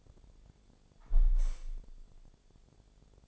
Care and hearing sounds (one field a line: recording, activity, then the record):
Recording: daily activity, microphone in the room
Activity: close window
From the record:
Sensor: 5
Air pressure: 1000.6 hPa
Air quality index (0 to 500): 149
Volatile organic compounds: 2 ppm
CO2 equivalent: 1142 ppm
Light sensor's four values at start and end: 41/96/40/44 and 41/96/40/44